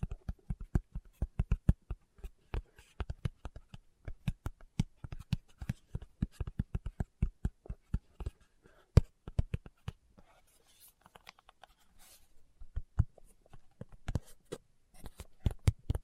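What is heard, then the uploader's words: Fingertips tap in quick, uneven bursts of short dull knocks with brighter clicks, thinning out briefly around the middle before picking up again. ASMR Tapping with Fingertips (No Talking).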